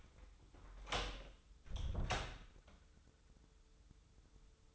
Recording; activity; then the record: daily activity, microphone in the room; close door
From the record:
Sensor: 3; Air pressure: 996.1 hPa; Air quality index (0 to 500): 66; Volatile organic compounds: 4 ppm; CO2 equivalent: 1548 ppm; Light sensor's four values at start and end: 14/34/14/15 and 14/33/14/14